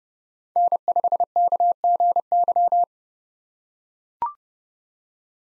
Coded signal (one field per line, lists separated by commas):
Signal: Morse code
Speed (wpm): 30 wpm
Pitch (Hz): 700 Hz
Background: none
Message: N5KGY